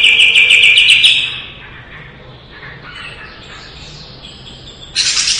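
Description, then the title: Leafbird song: a fast, evenly repeated high trill for about a second, then faint notes, then another bright burst at the close. Lively singing (gacor), 2017. "Suara Burung Cucak Ijo Gacor 2017"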